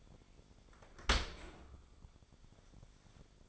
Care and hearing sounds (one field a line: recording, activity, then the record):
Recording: daily activity, microphone in the room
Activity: open dishwasher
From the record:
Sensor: 5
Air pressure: 1006.8 hPa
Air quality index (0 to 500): 183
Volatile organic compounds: 5 ppm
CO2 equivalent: 1749 ppm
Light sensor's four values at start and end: 53/150/59/59 and 53/148/58/58